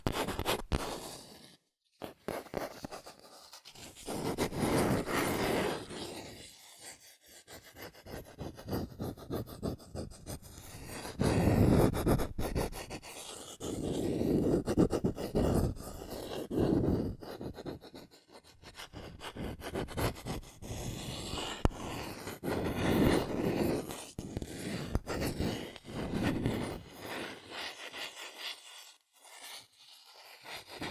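Fast tapping, scratching and tracing on cardboard and paper. Quick clusters of dry taps alternate with longer, rough scratching strokes that swell and fade every few seconds. Brief near-silent pauses fall around two seconds and again near twenty-nine seconds.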